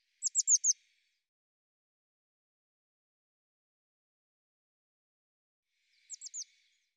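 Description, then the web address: Bird song: a crisp four-note high descending phrase, then a long silence and a softer three-note phrase near the end. "cianscape birddata Deverinetal 2025 File cleaned normalized Bird Cy Ca"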